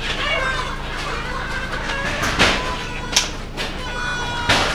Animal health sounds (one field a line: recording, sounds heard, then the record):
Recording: poultry house recording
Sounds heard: healthy chickens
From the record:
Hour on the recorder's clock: 2